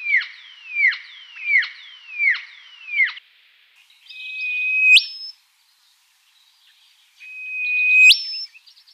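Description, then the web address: Rufous whistler song: several descending slurred whistles, then two long level whistles, each ending in a sharp, whip-like upward crack, separated by short silences. Recorded in a garden in Canberra. "canberra-garden-birds whistlers-shrike-thrush rufous-whistler"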